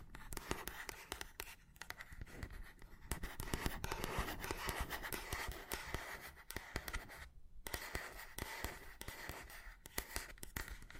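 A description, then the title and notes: Dry scratching and tapping on hard objects, with quick irregular taps layered over a busy rustling scrape. The texture stays dense throughout, with a brief pause near the middle and just after seven and a half seconds, and a faint steady tone underneath. Scratchy Tapping on 4 Matte Objects Plastic, Glass, Cardboard, Metal (NO TALKING).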